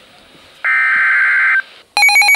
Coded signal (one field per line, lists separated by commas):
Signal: Emergency Alert System (SAME) tones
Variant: header bursts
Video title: Severe Thunderstorm Warning (EAS #15)